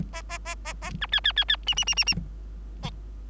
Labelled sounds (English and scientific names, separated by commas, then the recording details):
Bengalese Finch (Lonchura striata domestica) song
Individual Bird3